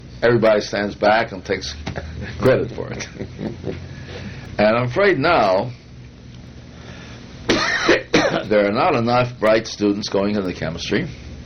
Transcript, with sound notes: Then, everybody stands back and takes credit for it. [laughter] I'm afraid now there are not enough bright students going into industrial chemistry.